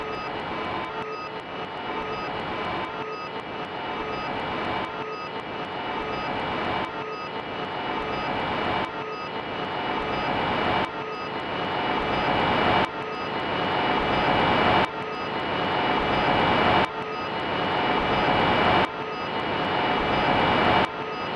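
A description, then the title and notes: A shortwave radio being swept across the band, heard as a dense hiss with steady whistling tones underneath. Every two seconds or so the sound cuts off abruptly and resumes, and the noise grows slightly louder and brighter toward the end. I recorded a SW radio sweep, following and listening in on how the eclipse was affecting short-wave radio propagation. Samples were selected from this sweep, and a Game of Life algorithm was used to sequence them, presenting the listener with a peculiar "walk" through the radio spectrum.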